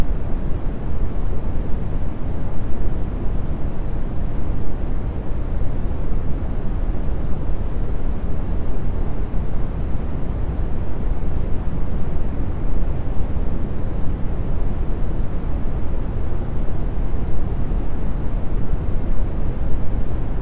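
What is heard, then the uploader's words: Brown noise plays as a steady, deep rumble, heaviest in the lows and fading toward the top with little hiss. The level holds flat for the full twenty seconds, dense and unchanging, with no separate events. Brown noise.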